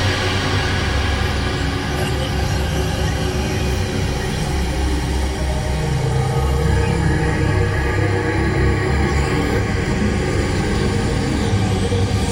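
An alien sci-fi soundscape of dense, steady rumbling with a heavy low drone that swells slightly around the middle. Layers of faint tones and hiss sit on top, shifting slowly without distinct events, like a vast machine humming at a constant level.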